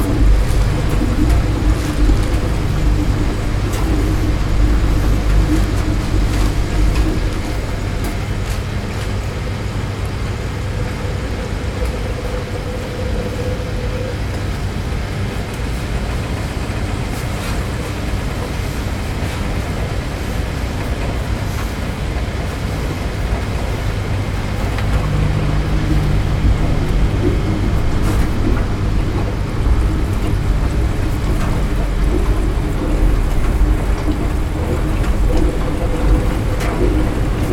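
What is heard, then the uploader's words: Inside a laundromat, a constant low machine hum and rumble fills the room, with steady droning tones that shift slightly in pitch around the middle and again near 25 seconds. Small clicks and knocks turn up throughout, and the overall level stays even. LAUNDROMAT.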